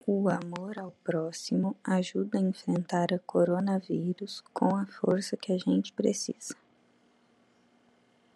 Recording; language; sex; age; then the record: spoken sentence; Brazilian Portuguese; female; 20 to 29 years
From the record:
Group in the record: control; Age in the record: 26 years